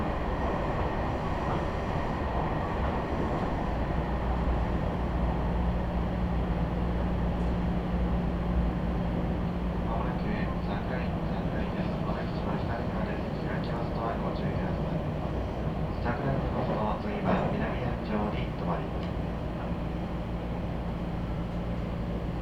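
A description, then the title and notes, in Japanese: A Meitetsu Nishio Line train runs between Kira-Yoshida, Shin-Anjo and Chiryu, with a dense, steady rumble at an even level throughout. A low motor hum rises and holds from about five to fifteen seconds, and voices murmur over the noise in the latter half. 名古屋鉄道 西尾線 吉良吉田→新安城→知立。同じルートを戻って新安城を通り知立まで行きます。行きは普通でしたが帰りは急行ということで、西尾線内で4駅、本線で1駅飛ばしていきますが、神宮前まで急行でそこから普通列車に変わっています。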